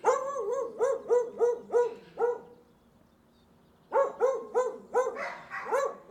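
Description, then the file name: Dog barking in fast runs of clear barks, about three a second, broken by a quiet gap of over a second before barking resumes. More than one dog barking. "17-Dogs barking"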